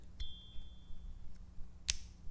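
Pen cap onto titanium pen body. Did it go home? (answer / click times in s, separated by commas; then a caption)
yes / 0.2 s, 1.9 s. A threadless cap is snapped onto the body of a titanium Nebula Fluux fountain pen after a 4,500-cycle cap wear test. Clicks sound at 0.2 s, leaving a thin high ring, and at 1.9 s, a sharper, brighter snap. The cap seats each time, with a click much quieter than when the pen was new.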